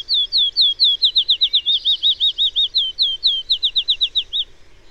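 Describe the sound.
Bird singing a fast run of many high, clear slurred whistles, repeated steadily with a brief change in note shape midway, faint hiss behind.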